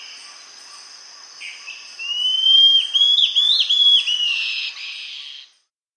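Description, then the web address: Hairy-crested antbird calling, a run of clear whistled notes that rise and slur together over about three seconds, over a thin high background hum. South America. "Natures Songs S America Hairy-Crested Antbird"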